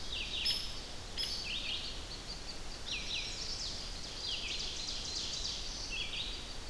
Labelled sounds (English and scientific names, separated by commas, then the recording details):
Red-eyed Vireo (Vireo olivaceus) song
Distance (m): 50 m
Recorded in boreal forest in Alberta, Canada, on 10 June 2016 at 07:12
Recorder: SongMeter 3, array SBT-3-39
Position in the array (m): 201 m, 126 m